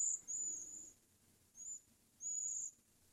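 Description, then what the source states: Cedar Waxwing calls: a few very high, thin, hissing notes with gaps between them. Played recording; gregarious birds; described as sounding like two birds, a happy nestling couple.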